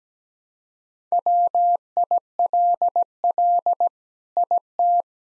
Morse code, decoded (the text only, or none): WILL IT